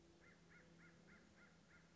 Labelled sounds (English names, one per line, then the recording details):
American Crow
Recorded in Sonoma County, California